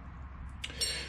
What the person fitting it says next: oops popped out and let's try that again